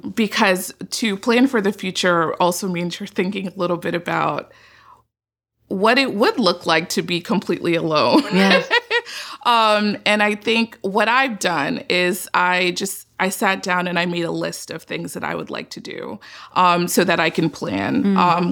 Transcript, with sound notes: Because to plan for the future also means you're thinking a little bit about what it would look like to be completely alone. [LAUGHS] And I think what I've done is I sat down and I made a list of things that I would like to do so that I can plan.